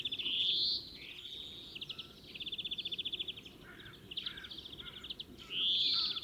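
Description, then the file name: European greenfinch song, opening with a buzzy wheeze, then even rattling trills, and ending with another drawn-out wheeze. "Chloris chloris"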